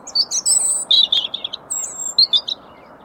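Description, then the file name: European robin singing rapid, high-pitched notes, mixing sweet thin whistles with tumbling twitters and short trills in a continuous jumbled burst, with low steady noise beneath. "Erithacus rubecula"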